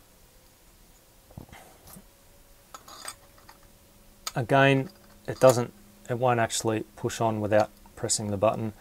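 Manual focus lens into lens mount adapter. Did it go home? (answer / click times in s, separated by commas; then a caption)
no / none. A manual focus lens is being handled against a second metal lens mount adapter before being pushed on. Faint scrapes and small metallic ticks are heard around 1.4 to 3.5 seconds, then someone talks. Nothing has seated or clicked yet.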